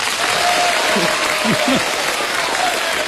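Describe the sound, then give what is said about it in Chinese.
Loud, steady audience applause for a xiangsheng (crosstalk) comedy duo at a competition fills the whole stretch, a dense wash of many hands clapping at once, with a brief voice faintly audible beneath it partway through. “谢谢谢谢谢谢大家热情的掌声 啊！”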